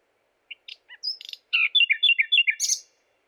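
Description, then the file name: Common nightingale song phrase: a few separate chirps, then a fast run of repeated notes ending in a sharp high burst. "Luscinia megarhynchos"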